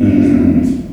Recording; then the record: squeal of a Yucatan mini pig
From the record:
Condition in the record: after surgery on the right vocal fold (resection and tissue-engineered implant); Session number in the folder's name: 4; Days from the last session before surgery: 26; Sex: female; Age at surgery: 19 weeks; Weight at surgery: 25 kg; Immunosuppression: prednisolone